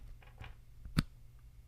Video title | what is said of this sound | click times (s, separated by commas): Break Free from Back Pain | You hear that? It snaps in. You know that it's in. | 1.0 s